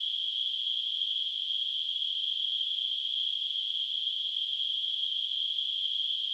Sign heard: Tinnitus.